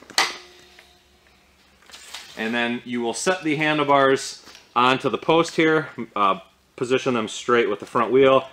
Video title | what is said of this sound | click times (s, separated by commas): UberScoot 2x 2 Speed Scooter Assembly | and you'll notice those will lock into place. | 0.2 s